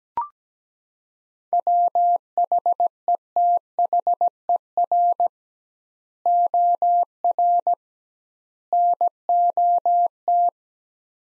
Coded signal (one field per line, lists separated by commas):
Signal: Morse code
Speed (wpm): 17 wpm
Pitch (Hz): 700 Hz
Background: none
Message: WHETHER OR NOT